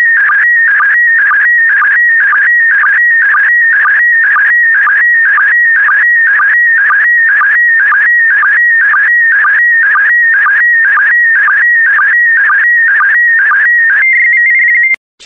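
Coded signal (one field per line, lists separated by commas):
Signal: SSTV (slow-scan television)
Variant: PD120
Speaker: The next image transmission will start in 10 seconds.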